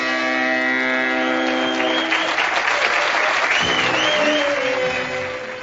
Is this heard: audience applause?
yes